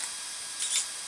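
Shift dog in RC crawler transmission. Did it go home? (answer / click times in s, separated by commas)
no / none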